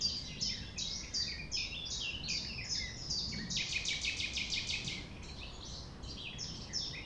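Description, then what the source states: Common nightingale song, a series of sharp repeated notes, then a burst of fast trilled notes, then more sharp notes. Sung at 6 a.m. at sunrise near the Thève river at Champ de Ménage; the nightingale sings without waiting for silence.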